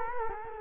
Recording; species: mosquito wingbeat signal from an infrared sensor; Culex quinquefasciatus